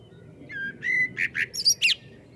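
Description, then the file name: Common blackbird giving a quick run of several notes: smooth whistles followed by short, harsher chirps within a second and a half. "Turdus merula"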